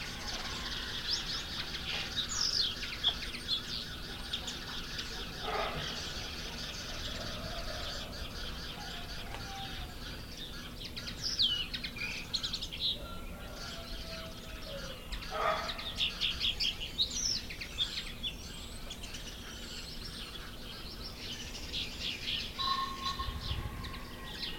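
Canaries warble and chirp almost without pause, a dense, bright chatter of quick trills and rising whistles across the whole stretch. A few short, lower tones break through now and then, and a faint steady hum runs underneath throughout.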